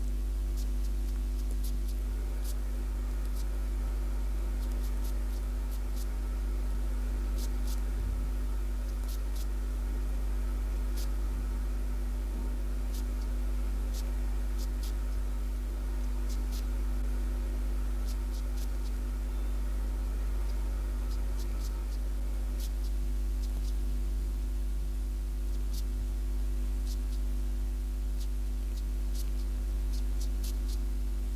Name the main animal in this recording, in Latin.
Cychrus caraboides